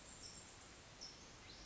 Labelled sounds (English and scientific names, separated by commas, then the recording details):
California Towhee (Melozone crissalis)
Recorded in Sonoma County, California